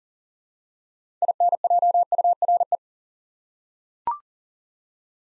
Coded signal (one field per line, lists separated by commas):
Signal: Morse code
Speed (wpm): 40 wpm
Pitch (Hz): 700 Hz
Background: none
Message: INJURE